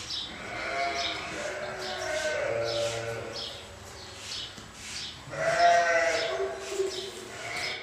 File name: Schafe Chor